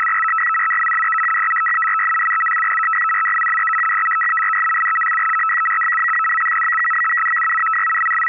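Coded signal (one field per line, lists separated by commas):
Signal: numbers station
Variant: PolFSK, 100 baud FSK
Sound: fast warbling two-tone data chirr, steady and continuous, no speech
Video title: Decoding Numbers Station: Polish Intelligence 100bd/625Hz FSK - PolFSK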